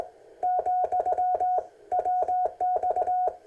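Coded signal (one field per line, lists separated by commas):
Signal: Morse code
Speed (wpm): 18 wpm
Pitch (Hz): 730 Hz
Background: none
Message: , WX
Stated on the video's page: CW QRP contacts on 40 meters from a Ten Tec kit radio at 3 W into a 42-meter Windom antenna.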